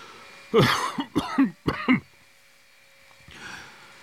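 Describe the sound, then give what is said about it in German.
A person coughs to the side: three loud, harsh coughs in quick succession, each a broad rasping burst, followed by a pause and then a softer breathy exhale. “Zur Seite husten.”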